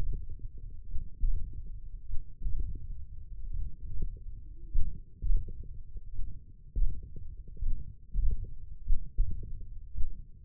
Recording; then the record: forearm muscle sounds (acoustic myography)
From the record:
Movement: hand opening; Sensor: system 1, eight BSWA MPA416 microphones around the upper forearm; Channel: 2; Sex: male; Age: 42 years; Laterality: right